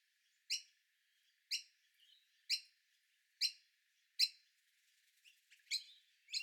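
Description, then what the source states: Noisy miner chick calling insistently with loud, high, clipped notes about once a second, then a few softer quick notes and another loud note at the end. Chick begging to be fed.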